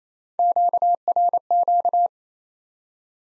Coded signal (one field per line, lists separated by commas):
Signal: Morse code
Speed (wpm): 28 wpm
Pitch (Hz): 700 Hz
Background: none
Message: QRQ